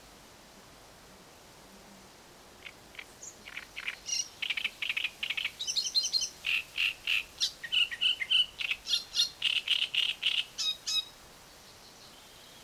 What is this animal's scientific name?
Acrocephalus arundinaceus